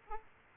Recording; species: mosquito wingbeat signal from an infrared sensor; Aedes aegypti